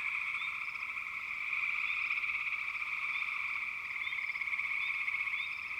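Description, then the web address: Frog chorus forming a continuous high trilling drone, with occasional brief upslurred chirps popping above it. Wild frog chorus from American wilderness. "The Natural Sounds of the Wilderness 10 CDs collection Echoes of Nature - American Wilds 04 Frog Chourus"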